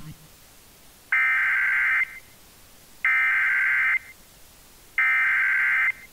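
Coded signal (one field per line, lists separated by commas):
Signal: Emergency Alert System (SAME) tones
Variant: header bursts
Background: speech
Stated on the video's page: Flash flood emergency alert relayed on an FM station.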